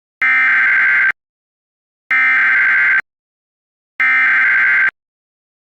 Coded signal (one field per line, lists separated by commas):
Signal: Emergency Alert System (SAME) tones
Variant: header bursts